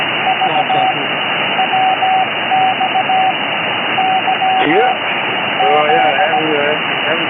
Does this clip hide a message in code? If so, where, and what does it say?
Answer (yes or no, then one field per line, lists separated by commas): yes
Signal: Morse code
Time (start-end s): 0.3-6.4 s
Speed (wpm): 16 wpm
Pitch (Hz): 760 Hz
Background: speech, radio noise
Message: V W X Y Z